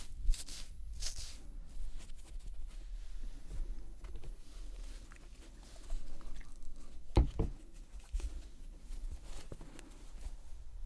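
Makeup cleansing, with soft rubbing and patting against skin and light wet handling noises throughout. Bright swishes come near the start and around one second, and a sharp tap lands just after seven seconds. A low rumble runs underneath the whole time.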